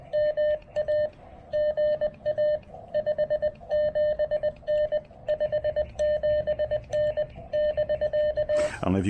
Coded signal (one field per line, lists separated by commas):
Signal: Morse code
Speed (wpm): 20 wpm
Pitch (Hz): 590 Hz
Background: speech, radio noise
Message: MA GA 57N 57N <BK>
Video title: POTA at Fort Dobbs: Testing a BCI filter (and--whoops!--depleting a battery) with the Xiegu G106